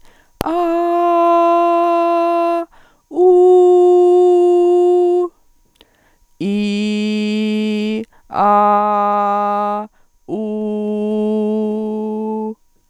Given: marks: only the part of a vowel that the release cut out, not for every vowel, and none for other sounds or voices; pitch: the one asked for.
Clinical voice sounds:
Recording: sustained vowels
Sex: female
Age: 40 to 49 years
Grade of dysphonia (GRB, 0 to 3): 0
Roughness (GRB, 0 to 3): 0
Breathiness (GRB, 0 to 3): 0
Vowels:
0.64-2.52 s: vowel /a/, high pitch
3.35-5.11 s: vowel /u/, high pitch
6.53-7.90 s: vowel /i/, low pitch
8.50-9.70 s: vowel /a/, low pitch
10.51-12.25 s: vowel /u/, low pitch
From the record:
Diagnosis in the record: dysodia (singing voice disorder)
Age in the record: 45 years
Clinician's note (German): Mit Tendenz zur Hyperfunktion

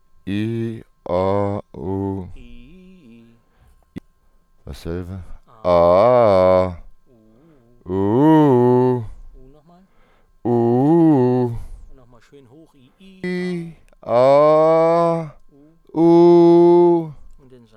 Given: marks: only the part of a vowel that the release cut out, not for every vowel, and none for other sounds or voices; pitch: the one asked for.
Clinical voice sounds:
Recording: sustained vowels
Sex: male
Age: 40 to 49 years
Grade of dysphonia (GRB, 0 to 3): 0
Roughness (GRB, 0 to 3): 0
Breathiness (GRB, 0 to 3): 0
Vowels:
0.28-0.79 s: vowel /i/, high pitch
5.70-6.59 s: vowel /a/, low-high-low pitch
7.95-8.94 s: vowel /u/, low-high-low pitch
14.25-15.14 s: vowel /a/, high pitch
16.03-16.95 s: vowel /u/, high pitch
From the record:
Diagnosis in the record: healthy voice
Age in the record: 44 years

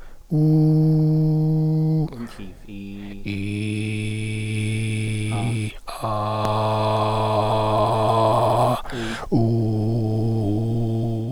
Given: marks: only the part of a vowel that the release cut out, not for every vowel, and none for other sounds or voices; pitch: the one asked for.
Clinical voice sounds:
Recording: sustained vowels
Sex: male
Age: 50 to 59 years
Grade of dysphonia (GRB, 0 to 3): 3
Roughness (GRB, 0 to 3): 3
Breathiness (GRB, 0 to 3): 1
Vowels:
0.46-1.90 s: vowel /u/, high pitch
3.61-5.10 s: vowel /i/, low pitch
6.53-8.07 s: vowel /a/, low pitch
9.55-11.10 s: vowel /u/, low pitch
From the record:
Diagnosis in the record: dysphonia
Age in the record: 50 years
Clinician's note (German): Ponogen

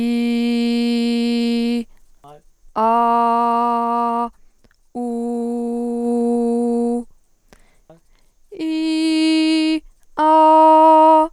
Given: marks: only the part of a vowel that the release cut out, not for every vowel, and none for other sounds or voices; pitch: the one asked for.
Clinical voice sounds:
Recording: sustained vowels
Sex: female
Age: 20 to 29 years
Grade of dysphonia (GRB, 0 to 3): 0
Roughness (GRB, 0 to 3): 0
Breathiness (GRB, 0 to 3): 0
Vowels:
0.00-1.61 s: vowel /i/, normal pitch
3.00-4.18 s: vowel /a/, normal pitch
5.11-6.85 s: vowel /u/, normal pitch
8.71-9.67 s: vowel /i/, high pitch
10.33-11.16 s: vowel /a/, high pitch
From the record:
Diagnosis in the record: healthy voice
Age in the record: 23 years

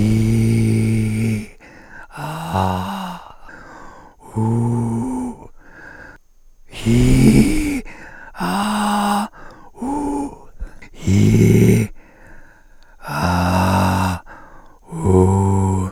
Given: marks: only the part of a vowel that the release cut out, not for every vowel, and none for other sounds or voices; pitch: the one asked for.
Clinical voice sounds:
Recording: sustained vowels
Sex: male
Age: 50 to 59 years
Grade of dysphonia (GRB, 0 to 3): 3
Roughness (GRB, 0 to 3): 1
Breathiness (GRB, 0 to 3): 3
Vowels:
0.00-1.30 s: vowel /i/, normal pitch
2.26-3.11 s: vowel /a/, normal pitch
4.44-5.22 s: vowel /u/, normal pitch
8.47-9.18 s: vowel /a/, high pitch
13.27-14.09 s: vowel /a/, low pitch
15.05-15.70 s: vowel /u/, low pitch
From the record:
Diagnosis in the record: recurrent laryngeal nerve paralysis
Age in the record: 56 years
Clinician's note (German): Rechts bei Ösophagus-CA

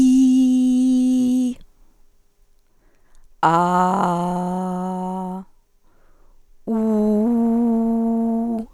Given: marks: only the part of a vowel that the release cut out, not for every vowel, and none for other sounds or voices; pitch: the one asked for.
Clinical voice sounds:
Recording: sustained vowels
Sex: female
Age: 40 to 49 years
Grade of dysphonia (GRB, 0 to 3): 1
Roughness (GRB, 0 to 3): 1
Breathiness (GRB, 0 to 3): 1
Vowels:
0.00-1.43 s: vowel /i/, normal pitch
3.49-5.31 s: vowel /a/, normal pitch
6.74-8.52 s: vowel /u/, normal pitch
From the record:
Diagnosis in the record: hyperfunctional dysphonia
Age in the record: 47 years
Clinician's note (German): Vorbekannte ponogene Dysphonie

